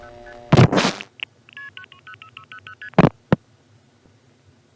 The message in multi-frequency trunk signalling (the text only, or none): 90600ST